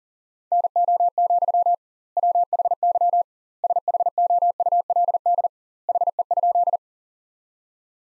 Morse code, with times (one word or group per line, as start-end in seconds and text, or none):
0.5-1.7 NO,
2.2-3.2 WHY
3.6-5.5 SHOULD
5.9-6.8 HE?